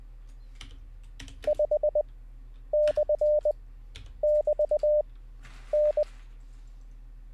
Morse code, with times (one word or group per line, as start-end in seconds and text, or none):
1.5-2.0 5
2.7-3.5 /
4.2-5.0 <BT>
5.7-6.0 N